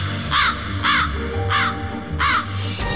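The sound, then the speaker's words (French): Birds call outdoors in spring as the snow melts and greenery appears, in four harsh, crow-like caws spaced about half a second to a second apart, over a steady low rumble, with no one talking. “La neige fond, la verdure apparaît, les oiseaux chantent”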